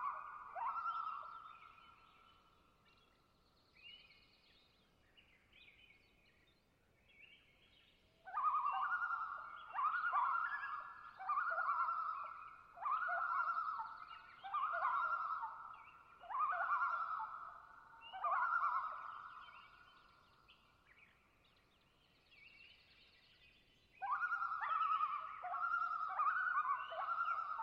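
Common loons give their wavering tremolo calls, a rapid, quavering laughter of mid-pitched notes. After a brief call at the start and a quiet lull, the pair calls in loud overlapping bursts from about eight to twenty seconds, then again near the end.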